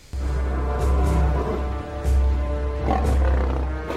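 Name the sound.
lions roaring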